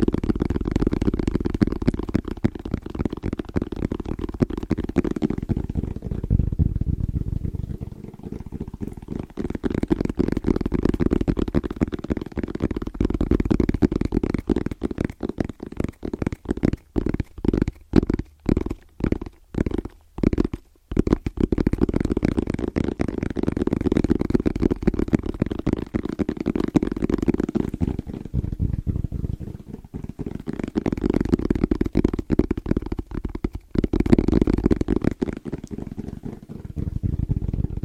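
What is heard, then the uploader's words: Fast, rhythmic tapping on objects, muffled, with a dull low thud to each hit. The taps run in dense rolls with brief lulls, and between about 15 and 21 seconds they turn sharper and more evenly spaced before blurring back into quick patters. ASMR Fast & Rhythmic Tapping on Random Objects (No Talking).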